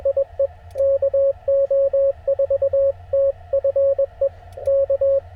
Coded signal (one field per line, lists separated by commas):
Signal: Morse code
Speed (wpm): 21 wpm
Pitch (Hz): 550 Hz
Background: radio noise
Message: IE KO4TFE K